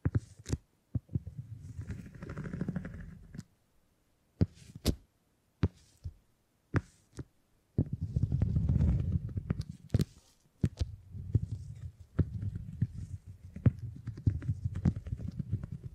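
Beeswax is pressed and worked, giving soft, low rubbing and squishing with sharp sticky clicks and pops scattered throughout. Short bursts alternate with silent gaps early on, then after about eight seconds the handling turns denser and more continuous, with frequent crisp snaps.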